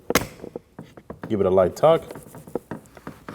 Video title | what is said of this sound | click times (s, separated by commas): How to Replace Rear Power Window Regulator 2011-2016 Kia Optima | Push it in until you hear a click. | 0.1 s